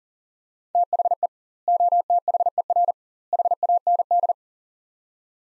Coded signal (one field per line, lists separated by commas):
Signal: Morse code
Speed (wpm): 40 wpm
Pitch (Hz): 700 Hz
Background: none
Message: THE OTHER HAND